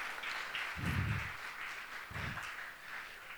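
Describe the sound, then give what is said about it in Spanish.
An audience breaks into applause for the speaker's assistants after a knot-tying demonstration, a steady wash of many hands clapping at moderate volume, with a couple of dull low thumps partway through. “Sí, si quieren un aplauso para mis ayudantes, no hay ningún problema.”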